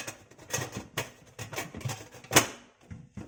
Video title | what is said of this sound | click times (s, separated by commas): طريقة تشغيل غسالة اطباق بيكو ديجيتال 15 فرد موديل DFN38320X -وضع المنظفات-ضبط عسر المياه | بربط كده لحد ما اسمع صوت تكة كده واتأكد بايدي ان هو ماسك. | 1.0 s